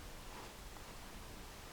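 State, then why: Not seated. A ball bearing is being positioned and moved by hand in a snowmobile idler wheel hub before it is pressed home; it moves nicely but still has to go further. Only a faint, steady rustling handling noise is heard, with a slight bump near 1.75 s. The bearing has not seated or clicked into place yet.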